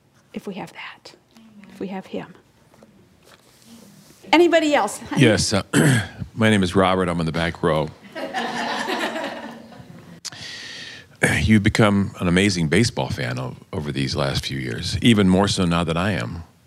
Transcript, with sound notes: if we have that, if we have Him. Anybody else? Honey?
Yes. My name is Robert, I’m in the back row. (laughter) You’ve become an amazing baseball fan over these last few years, even more so now than I am!